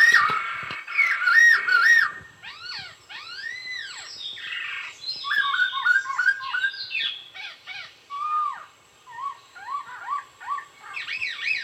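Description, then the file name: Laughingthrush song, a long varied run of clear whistled phrases, arching and slurred notes, some buzzy and rapid, shifting pitch throughout with brief pauses. "suara pokcay punggung merah"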